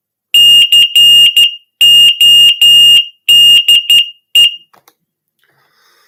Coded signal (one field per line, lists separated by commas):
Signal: Morse code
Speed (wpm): 12 wpm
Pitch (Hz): 2850 Hz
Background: none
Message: CODE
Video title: Morse